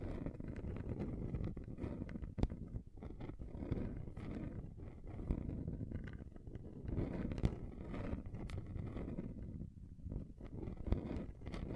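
Continuous scratching and scraping across a table surface, with a dense, low, rumbling grind underneath. Sharp clicks and brief rasps break through irregularly, with louder snaps near 2.5, 7.5 and 11 seconds, while the friction noise swells and fades throughout.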